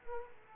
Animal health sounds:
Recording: mosquito wingbeat signal from an infrared sensor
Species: Aedes aegypti

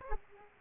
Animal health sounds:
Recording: mosquito wingbeat signal from an infrared sensor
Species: Aedes aegypti

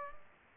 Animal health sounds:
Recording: mosquito wingbeat signal from an infrared sensor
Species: Culex pipiens

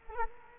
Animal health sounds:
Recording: mosquito wingbeat signal from an infrared sensor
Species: Culex quinquefasciatus

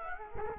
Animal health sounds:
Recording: mosquito wingbeat signal from an infrared sensor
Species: Culex quinquefasciatus

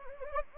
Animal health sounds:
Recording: mosquito wingbeat signal from an infrared sensor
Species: Anopheles gambiae

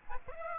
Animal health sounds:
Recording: mosquito wingbeat signal from an infrared sensor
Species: Aedes aegypti

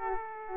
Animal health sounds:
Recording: mosquito wingbeat signal from an infrared sensor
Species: Aedes aegypti

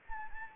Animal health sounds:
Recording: mosquito wingbeat signal from an infrared sensor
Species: Anopheles gambiae

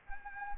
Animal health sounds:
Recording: mosquito wingbeat signal from an infrared sensor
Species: Anopheles gambiae

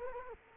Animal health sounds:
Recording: mosquito wingbeat signal from an infrared sensor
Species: Culex quinquefasciatus

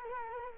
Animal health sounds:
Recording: mosquito wingbeat signal from an infrared sensor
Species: Culex quinquefasciatus

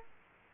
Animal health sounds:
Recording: mosquito wingbeat signal from an infrared sensor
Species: Culex quinquefasciatus

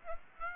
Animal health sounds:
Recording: mosquito wingbeat signal from an infrared sensor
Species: Aedes aegypti

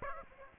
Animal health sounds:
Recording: mosquito wingbeat signal from an infrared sensor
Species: Aedes aegypti

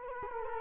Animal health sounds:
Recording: mosquito wingbeat signal from an infrared sensor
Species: Culex quinquefasciatus

